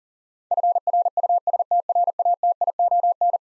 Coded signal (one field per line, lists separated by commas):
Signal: Morse code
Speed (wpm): 40 wpm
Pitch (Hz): 700 Hz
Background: none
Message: FRUSTRATION